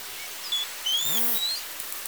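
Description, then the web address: Killer whale call, a short tonal sweep with stacked harmonics rising then leveling, plus high whistled tones above, over steady hiss. Southern resident killer whales. "SRKW call-catalog Orca Calls Alwin Audiosamples"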